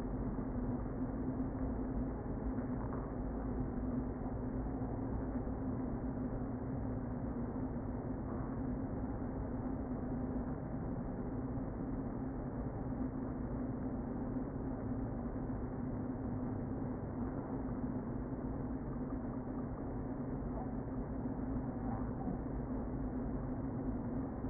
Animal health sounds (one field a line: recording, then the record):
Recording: honeybee colony, microphone inside the hive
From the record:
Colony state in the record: queen present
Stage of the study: before two queens were removed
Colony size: about 60,000 bees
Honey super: yes